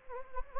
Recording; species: mosquito wingbeat signal from an infrared sensor; Anopheles gambiae